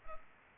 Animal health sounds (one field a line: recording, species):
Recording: mosquito wingbeat signal from an infrared sensor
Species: Culex pipiens